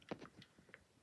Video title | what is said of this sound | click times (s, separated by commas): Installing Slackware on the Raspberry Pi4 | like that we'll power it up later is that in probably it is yeah you heard the click there | 0.7 s